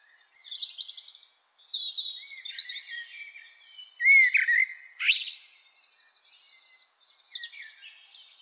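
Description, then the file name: Common blackbird giving a short fluted phrase and a sharp rising squeak midway, surrounded by thinner chirps and trills. "Turdus merula"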